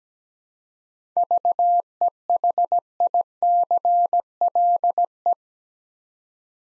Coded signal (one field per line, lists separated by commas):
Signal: Morse code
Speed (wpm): 17 wpm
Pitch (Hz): 700 Hz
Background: none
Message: VEHICLE